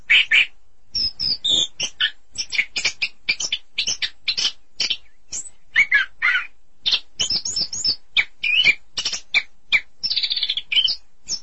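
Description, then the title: Thrush giving a fast, chattering song of short, sharp, high notes and brief whistles, tumbling along continuously with a trill near the end. "burung anis"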